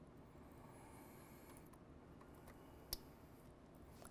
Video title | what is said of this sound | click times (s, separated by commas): Unity 1/1+ Installation | you'll hear it pop it'll be like a quiet snap that you'll hear | 2.9 s